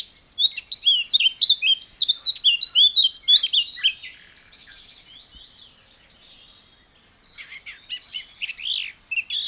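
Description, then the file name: Eurasian blackcap giving a rapid, chattering warble of high twittering notes; it fades to near silence midway, then a quieter burst of scratchy notes resumes. "Sylvia atricapilla"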